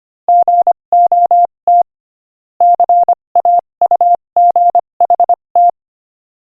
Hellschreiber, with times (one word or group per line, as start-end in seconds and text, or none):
none